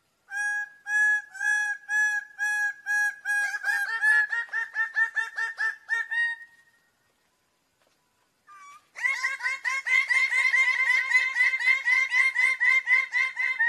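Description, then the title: Bird-of-paradise calls: evenly spaced nasal harmonic notes speeding into a rapid series, a silent gap, then a dense fast run of harsh, buzzy notes. Master song used for training songbirds. "Kicau Master Cendrawasih"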